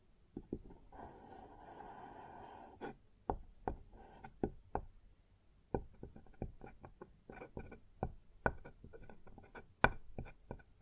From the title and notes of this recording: ASMR Sounds on Wooden Surface (No Talking).